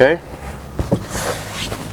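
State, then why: Seated. A plastic engine cover on a 2012-18 Jeep Wrangler JK 3.6L, during a Flowmaster Delta Force cold air intake 615135 install, is hinged in at the back first and then pressed down onto its engine mounts. Someone talks briefly, then two sharp snaps are heard at 0.8 s and 0.9 s as the cover snaps into place and is seated.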